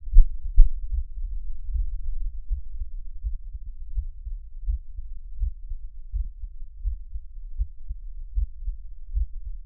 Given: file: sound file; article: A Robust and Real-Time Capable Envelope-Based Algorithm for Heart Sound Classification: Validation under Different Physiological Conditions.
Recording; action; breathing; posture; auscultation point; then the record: heart sounds by electronic stethoscope; rest; normal; sitting; Erb’s point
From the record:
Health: healthy, no known heart disease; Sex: male